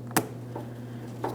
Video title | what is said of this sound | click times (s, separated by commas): How to Replace Fuel Pump Module Assembly 2015-2025 Ford Transit-250 3.7L V6 | Listen for a click. Double check to make sure that's secured. | 0.2 s